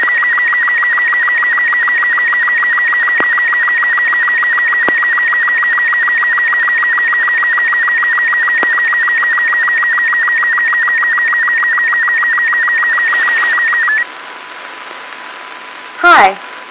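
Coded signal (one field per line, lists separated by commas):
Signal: SSTV (slow-scan television)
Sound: steady high warbling tone with rapid regular low clicks, then hiss and a brief chirp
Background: radio static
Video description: There are four different SSTV images in this audio stream , spaced at about 2 mts duration.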